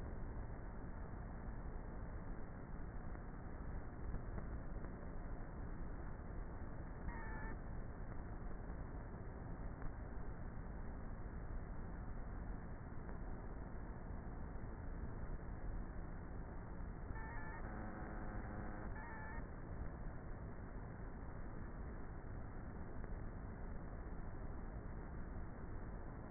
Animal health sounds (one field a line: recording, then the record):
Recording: honeybee colony, microphone inside the hive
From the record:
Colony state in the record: queenless with a low population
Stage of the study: before two queens were removed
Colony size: about 30,000 bees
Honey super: no